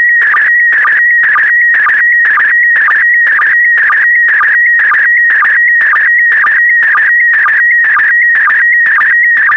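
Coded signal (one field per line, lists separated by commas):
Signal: SSTV (slow-scan television)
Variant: PD120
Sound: warbling tone near 1.9 kHz, buzzy bursts with short low sync chirps twice a second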